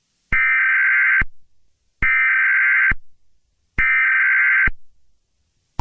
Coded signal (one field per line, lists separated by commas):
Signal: Emergency Alert System (SAME) tones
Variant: header bursts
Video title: EAS Short: Ana Takes Over!